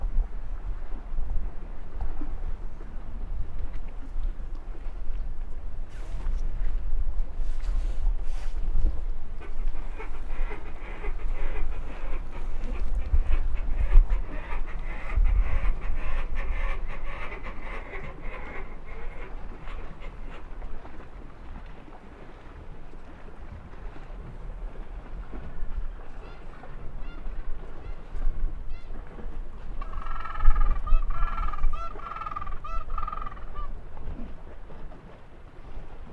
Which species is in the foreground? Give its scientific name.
Pygoscelis papua